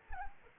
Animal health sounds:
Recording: mosquito wingbeat signal from an infrared sensor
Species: Anopheles arabiensis

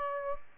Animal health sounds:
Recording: mosquito wingbeat signal from an infrared sensor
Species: Aedes aegypti

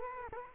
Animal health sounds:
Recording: mosquito wingbeat signal from an infrared sensor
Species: Culex quinquefasciatus

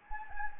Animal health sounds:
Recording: mosquito wingbeat signal from an infrared sensor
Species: Anopheles gambiae

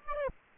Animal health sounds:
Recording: mosquito wingbeat signal from an infrared sensor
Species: Aedes aegypti

